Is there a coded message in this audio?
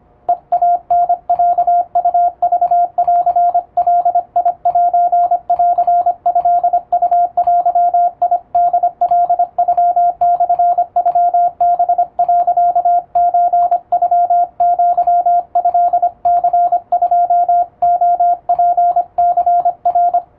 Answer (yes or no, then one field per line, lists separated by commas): yes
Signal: Morse code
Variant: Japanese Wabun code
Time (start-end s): 0.3-20.2 s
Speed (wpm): 25 wpm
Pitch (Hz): 700 Hz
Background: radio noise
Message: ヘイタロウクンガセントウデホカノモノハ、ソノアトニ2レツニナ